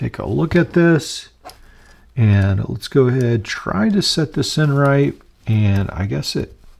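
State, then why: Not seated. Someone talks while handling a folding component of a metal multitool, lining it up to push it into its slot in the handle. The clip ends just before the part goes home, and nothing has seated or clicked yet.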